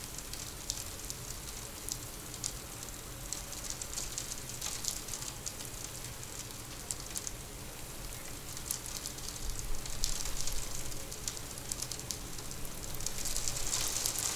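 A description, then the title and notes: A winter storm outside a window: a dense, steady hiss of precipitation pattering against glass, with crisp ticks scattered throughout. A low hum sits underneath the whole time. The tapping grows busier and a little louder toward the end. Recording of a winter storm happening outside my studio window.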